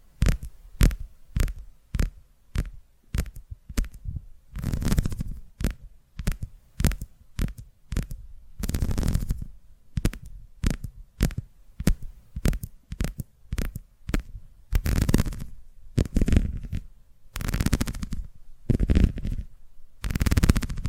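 Rapid tapping on a surface, struck in quick bursts with short pauses between groups. The taps are sharp with a low thump underneath, at times landing every fraction of a second, and some longer scratchy, rustling strokes appear around 9, 15 and 18 seconds.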